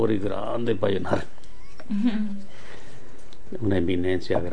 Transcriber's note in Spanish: risas